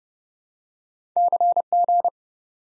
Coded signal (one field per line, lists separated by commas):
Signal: Morse code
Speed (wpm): 30 wpm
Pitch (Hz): 700 Hz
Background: none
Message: CG